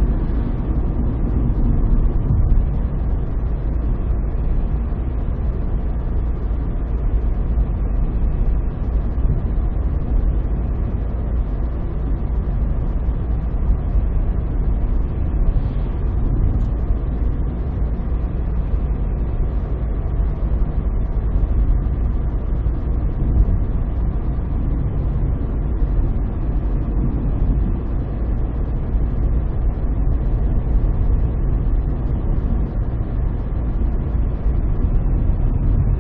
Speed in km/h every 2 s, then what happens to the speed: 63, 64, 64, 64, 64, 64, 64, 64, 64, 63, 64, 63, 63, 63, 62, 63, 63, 64.
0-36 steady at about 64.